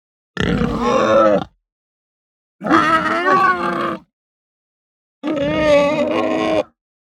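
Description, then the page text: Hampshire pig giving three drawn-out, harsh squealing grunts, each one to one and a half seconds long and separated by pauses of a second or more. Hampshire breed pig, hungry, giving grunts and medium squeals. "Hampshire Pig Grunt Medium Squeal Hungry. Quick Sounds"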